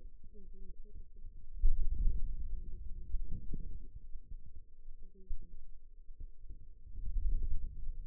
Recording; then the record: forearm muscle sounds (acoustic myography)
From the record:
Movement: wrist flexion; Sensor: system 2, bracelet of six BSWA MPA416 microphones around the upper forearm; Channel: 3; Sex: female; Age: 21 years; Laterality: right